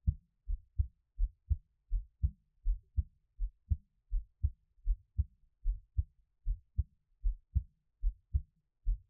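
Steady paired low thumps, lub then dub, repeat at about 82 beats a minute with an even rhythm and no other sounds. These are an adult's ordinary heart sounds heard close up against a quiet background.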